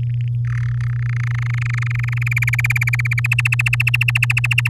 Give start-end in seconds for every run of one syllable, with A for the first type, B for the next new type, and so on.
0.00-0.35 A, 0.45-0.67 B, 0.68-2.23 C, 2.26-3.20 D, 3.24-4.69 E